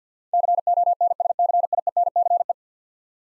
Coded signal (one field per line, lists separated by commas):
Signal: Morse code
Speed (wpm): 50 wpm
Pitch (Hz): 700 Hz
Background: none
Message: CONSCIENCE